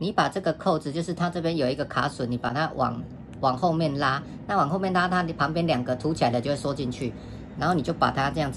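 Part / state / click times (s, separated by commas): clasp tab of a metal watch band into its buckle / not seated / none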